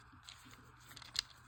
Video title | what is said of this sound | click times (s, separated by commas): TRANSFORMERS - Hasbro Pulse Exclusive Armada Nemesis Prime and Air Defense Mini-Cons | It just kind of like snaps into place. | 1.2 s